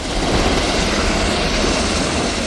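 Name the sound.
helicopter flying overhead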